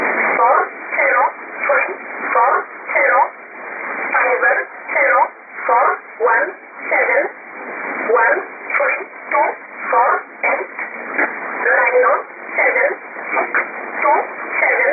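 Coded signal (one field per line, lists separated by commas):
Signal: numbers station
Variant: E11 Oblique, English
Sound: single voice reading short evenly spaced words, about twenty in fifteen seconds, over radio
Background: radio hiss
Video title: 04 01 2018 Numbers station E11 Oblique in English to Eu 0652 on 7840 unknown tx site in USB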